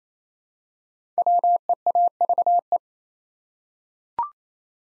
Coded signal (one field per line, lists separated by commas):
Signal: Morse code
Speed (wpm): 27 wpm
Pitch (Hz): 700 Hz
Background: none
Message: WEAVE